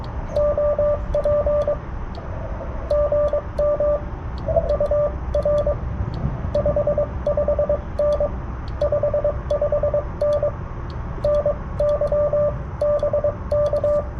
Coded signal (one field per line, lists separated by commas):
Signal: Morse code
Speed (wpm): 20 wpm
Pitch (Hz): 590 Hz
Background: radio noise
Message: OP GM UR 55N 55N NY BK